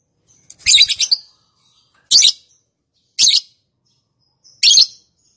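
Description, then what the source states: Lovebird gives four harsh, high chirps a second or more apart, the first a broken stuttering note. Song style named "konslet".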